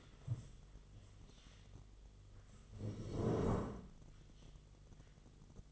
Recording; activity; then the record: daily activity, microphone in the room; stand up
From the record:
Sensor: 4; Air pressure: 1006.2 hPa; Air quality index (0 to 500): 98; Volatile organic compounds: 2 ppm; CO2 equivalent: 1218 ppm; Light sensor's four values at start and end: 12/28/11/10 and 12/28/11/10